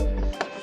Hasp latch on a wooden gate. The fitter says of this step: So that is too far over. We need to slide that way a little bit because now it's not latching all the way.